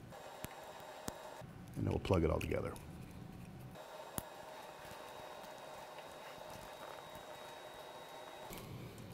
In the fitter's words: push them until they click